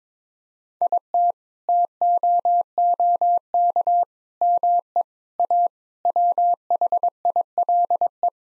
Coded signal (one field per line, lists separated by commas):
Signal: Morse code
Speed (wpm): 21 wpm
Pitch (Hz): 700 Hz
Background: none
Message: IT TOOK ME A WHILE